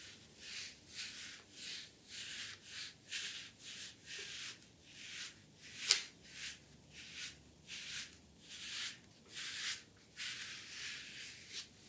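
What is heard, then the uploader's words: Back scrubbing in a spa, with steady, regular strokes of bright rasping friction about twice a second and a sharp click near six seconds. ASMR back scrubbing Spa massage.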